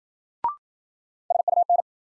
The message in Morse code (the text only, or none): SUN